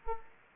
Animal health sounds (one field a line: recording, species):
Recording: mosquito wingbeat signal from an infrared sensor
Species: Anopheles arabiensis